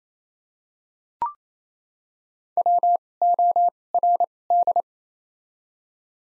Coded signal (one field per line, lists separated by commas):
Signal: Morse code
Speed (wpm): 27 wpm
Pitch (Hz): 700 Hz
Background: none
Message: W O R D